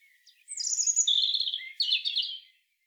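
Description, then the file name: European robin song phrase: a dense, high, tinkling warble lasting about two seconds. "Erithacus rubecula"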